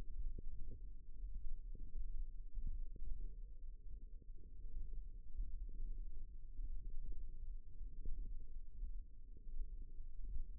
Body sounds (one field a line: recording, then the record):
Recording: forearm muscle sounds (acoustic myography)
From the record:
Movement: radial deviation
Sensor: system 1, eight BSWA MPA416 microphones around the upper forearm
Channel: 8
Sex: female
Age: 21 years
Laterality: right